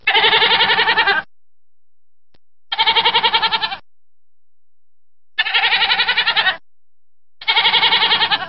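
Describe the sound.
Goat bleating in four long, tremulous bleats, each about a second, separated by short pauses.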